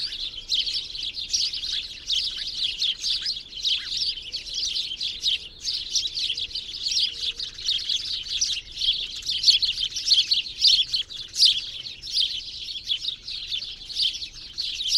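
Bird chirps in a dense, unbroken stream of high, bright twitters.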